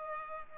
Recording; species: mosquito wingbeat signal from an infrared sensor; Culex pipiens